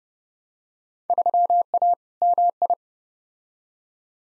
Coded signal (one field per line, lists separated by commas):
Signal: Morse code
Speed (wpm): 30 wpm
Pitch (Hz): 700 Hz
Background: none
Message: 3A MI